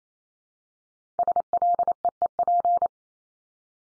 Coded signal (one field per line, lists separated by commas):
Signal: Morse code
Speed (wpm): 28 wpm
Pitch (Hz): 700 Hz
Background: none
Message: SLEEP